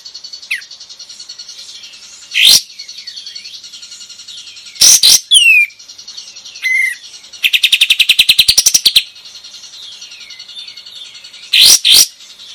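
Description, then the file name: Bulbul song: loud harsh bursts over continuous high twittering, a rapid buzzy rattle midway, and a few short whistled notes between. Singing vigorously, in the gacor style. "suara kapas tembak gacor"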